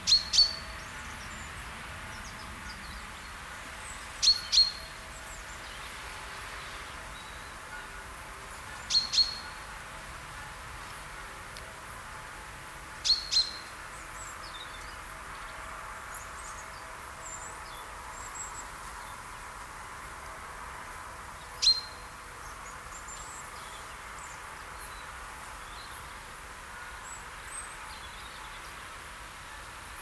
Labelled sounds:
Great Tit (Parus major)
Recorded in the wild
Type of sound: song, call, call sequence, twittering
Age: adult
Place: Treuchtlingen, Heumöderntal, Bayern, DE
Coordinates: 48.96, 10.91
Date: 1993-09-02 11:04
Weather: sonnig 15,3° C
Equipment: Marantz CP 430, Sennheiser MKH 416 T, Kopie Uher Variocord 263
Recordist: Tembrock, Günter
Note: Pink-Laute

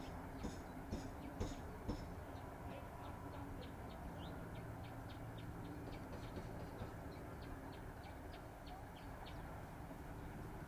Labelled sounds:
Common Chiffchaff (Phylloscopus collybita)
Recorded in captivity
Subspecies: collybita
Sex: male
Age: adult
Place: Volierenanlage, Zoologisches Institut Universität Tübingen, Baden-Württemberg, DE
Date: 1968-06-21 15:00
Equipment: Nagra III PH, MD 211, LGS26
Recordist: Schneider, Hans-Joachim
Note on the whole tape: Voliere I: Auch Aufnahmen vom 23. Juni 8:30 Uhr. 1. Aufn.: Abnormer Gesang von Männchen blau/blau - rot/blau (aus eigener Zucht 1967). 2. Aufn.: Wiederholung mit besserer Tonqualität. Dieses Männchen war den Winter über zusammen mit einigen Phylloscopus coll. brehm. Männchen im gleichen Raum untergebracht. MaAs: I.M.-H

